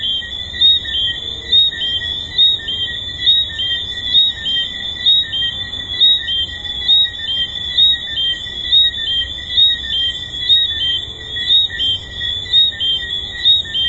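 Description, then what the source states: Tree frogs calling in chorus, quick high chirps repeating about once per second over an unbroken shrill background ring. Tree frogs recorded at Hedonism II resort.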